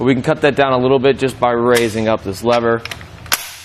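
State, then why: Seated. Someone talks while raising the release lever on a Thule TH9042PRO hitch bike rack on a 2019 Chevrolet Suburban and folding the rack's arm upward to shorten how far it sticks out from the back of the vehicle, from about 30 and a quarter inches to about eighteen and a half inches. A sharp snap is heard at 3.3 seconds as the folding arm locks into its upright position. The rack is seated.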